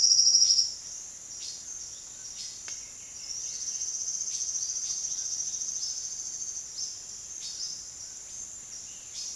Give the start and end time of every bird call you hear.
0.52s-9.35s: bird call (2.5-6.1 kHz)

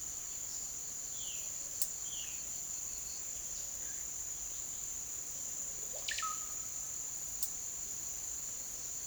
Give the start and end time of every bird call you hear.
0.88s-2.45s: bird call (2.0-4.2 kHz)
3.63s-4.17s: bird call (1.2-2.8 kHz)
5.37s-6.56s: bird call (0.2-5.8 kHz)

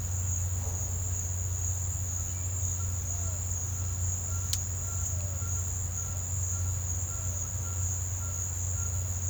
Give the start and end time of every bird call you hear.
2.79s-9.29s: bird call (1.0-1.7 kHz)

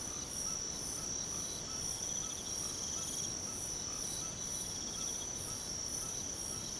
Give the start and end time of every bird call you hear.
0.45s-6.80s: bird call (0.9-1.6 kHz)

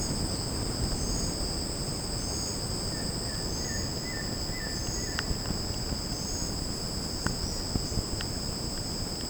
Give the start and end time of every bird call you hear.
2.83s-5.20s: bird call (1.0-2.6 kHz)

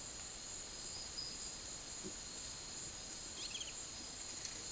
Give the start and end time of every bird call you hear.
3.36s-3.82s: bird call (2.1-4.7 kHz)

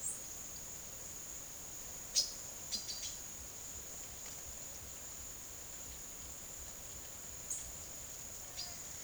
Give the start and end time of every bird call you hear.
2.05s-3.15s: bird call (1.4-12.7 kHz)
7.40s-7.72s: bird call (5.2-10.2 kHz)
8.44s-8.72s: bird call (1.9-8.2 kHz)

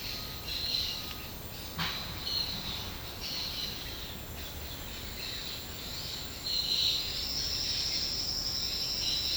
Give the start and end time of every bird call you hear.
0.00s-1.25s: bird call (1.4-6.2 kHz)
1.85s-4.04s: bird call (1.7-5.9 kHz)
6.40s-9.36s: bird call (1.8-5.8 kHz)

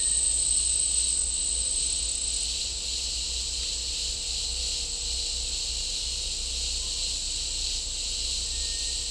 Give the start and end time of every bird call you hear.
8.49s-8.99s: bird call (1.5-2.3 kHz)

